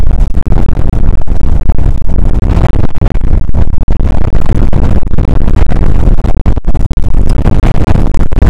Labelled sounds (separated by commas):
wind